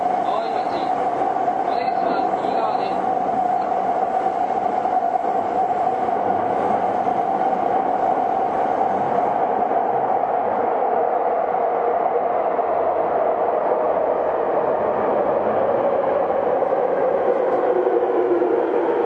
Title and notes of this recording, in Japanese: 東京臨海高速鉄道70-000形 新宿〜新木場。JR埼京線→りんかい線の区間で録音